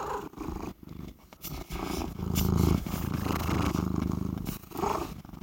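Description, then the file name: Cat purr building into a strong, even rumble through the middle, preceded by soft clicks and handling noises. "Catsoundswav"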